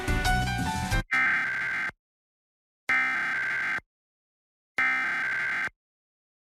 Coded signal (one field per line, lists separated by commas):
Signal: Emergency Alert System (SAME) tones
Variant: header bursts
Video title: EAS Alerts from 10/17/22 to 10/20/22 [EAS #96-100!!]